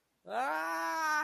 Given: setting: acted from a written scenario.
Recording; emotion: vocal sound without words; pain